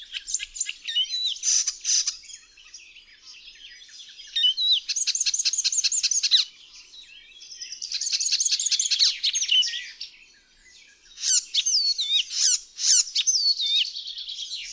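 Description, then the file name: Icterine warbler singing, a fast varied jumble of high chattering notes, squeaky whistles and rapid trills, delivered in bursts with short pauses between phrases. "ZAGANIACZ"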